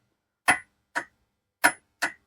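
A click-type torque wrench set to 60 ft-lb tightens a mounting bolt of a CURT 13453 trailer hitch under a Toyota Highlander. Four short, sharp metallic clicks ring out at about 0.5, 1.0, 1.7 and 2.0 seconds, with the wrench's setting click at 2.0 seconds confirming the bolt has reached 60 ft-lb.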